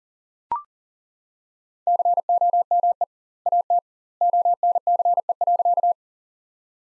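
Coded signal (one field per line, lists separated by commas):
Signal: Morse code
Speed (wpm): 40 wpm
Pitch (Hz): 700 Hz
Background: none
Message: COME AT ONCE.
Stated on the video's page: Morse practice sentences built from the top 300 words, sent at 40 wpm with twice the standard word spacing, a word-level Farnsworth-style approach.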